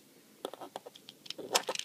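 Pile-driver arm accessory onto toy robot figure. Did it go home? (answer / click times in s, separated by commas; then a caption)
yes / 1.6 s. A plastic pile-driver arm accessory is clipped onto the side of a Hasbro Masterpiece Soundwave toy robot figure. A series of small plastic taps and clicks is heard as it is fitted, ending with the accessory snapping into place at 1.6 s. No one talks in this clip.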